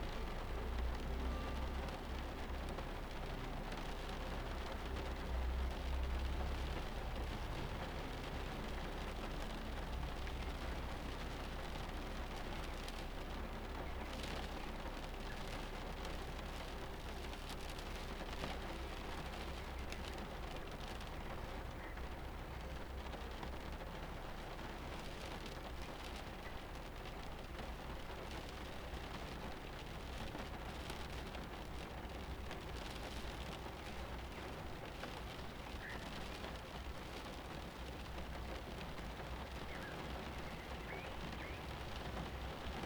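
Steady, dense rain falls throughout a storm, heard from a sheltered spot. A deep low rumble sits underneath, strongest in the first ten seconds, while scattered sharper drop sounds and brief splashes pop out of the constant hiss at an even level.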